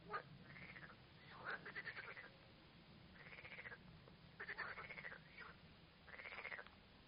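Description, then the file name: Frog chorus with rattling, pulsed croaks in rounded bursts above a low droning background. Frogs singing at Arles. "Chant des grenouilles Arles"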